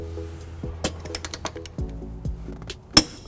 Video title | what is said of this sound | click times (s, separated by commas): 2015 Toyota Highlander Trailer Hitch Installation | click there alright now that I got these all truck down | 3.0 s